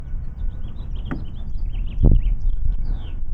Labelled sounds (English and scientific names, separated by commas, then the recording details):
House Finch (Haemorhous mexicanus) song
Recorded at Neponsit on Long Island, New York, on 4 June 1975
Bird E